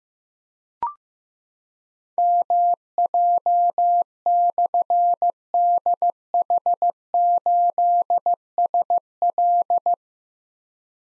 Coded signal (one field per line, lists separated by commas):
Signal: Morse code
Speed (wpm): 15 wpm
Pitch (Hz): 700 Hz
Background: none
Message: MJ/DH8SL